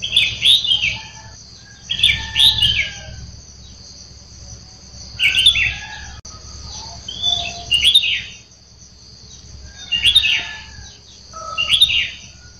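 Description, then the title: Sooty-headed bulbul song of bright, bubbly phrases repeated roughly every two to three seconds, about six bursts, against a continuous high-pitched insect whine. "Kutilang"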